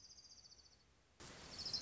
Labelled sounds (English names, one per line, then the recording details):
Orange-crowned Warbler
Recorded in Sonoma County, California